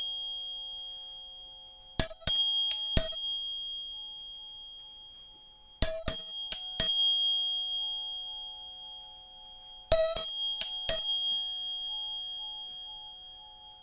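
A tuning fork is struck three times, every four seconds, each sharp metallic tap leaving a clear, bright ringing tone that slowly fades.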